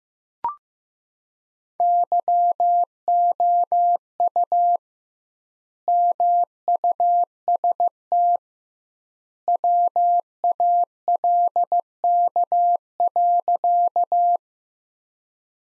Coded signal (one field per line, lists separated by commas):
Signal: Morse code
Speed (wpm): 15 wpm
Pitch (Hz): 700 Hz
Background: none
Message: YOU MUST WALK.